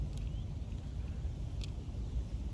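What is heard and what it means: Low background rumble runs throughout, with a faint tick near 0.2 s. At 1.6 s a crisp, high-pitched click stands out clearly, the sound of the part pushed fully home.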